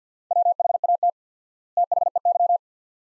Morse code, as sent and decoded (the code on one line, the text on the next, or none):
.-- .... .- - / - .... . -.--
WHAT THEY